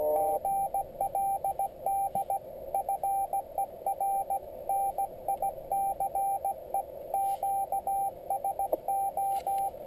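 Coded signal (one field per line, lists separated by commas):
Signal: Morse code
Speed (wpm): 16 wpm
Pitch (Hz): 790 Hz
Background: radio noise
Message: GLD FER NICE QSO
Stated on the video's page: Mobile QRP CW contact sent slowly (QRS) by a new operator on a mini palm paddle, Yaesu 817D with YF-122C filter and MFJ1610T antenna.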